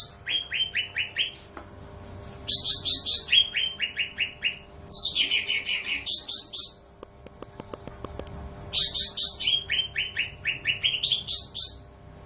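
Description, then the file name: Bulbul song: bursts of rapid, repeated sharp notes, some high and chattering, others lower and evenly spaced, with short pauses between phrases and a faint steady hum behind. "suara cucak ranti"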